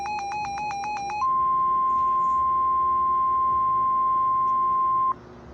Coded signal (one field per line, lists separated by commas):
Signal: Emergency Alert System (SAME) tones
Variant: 1050 Hz attention tone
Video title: Ef6 eas scenario YouTube movie night